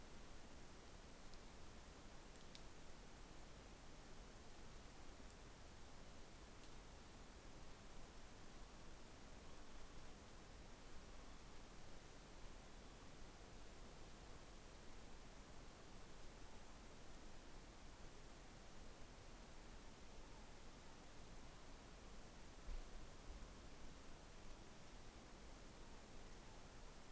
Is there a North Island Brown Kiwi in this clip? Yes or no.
no